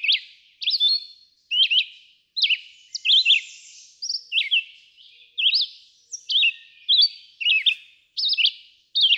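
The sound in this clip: Red-eyed vireo singing a run of brief, varied whistled phrases, some rising and some dropping, delivered in a steady, slightly irregular rhythm.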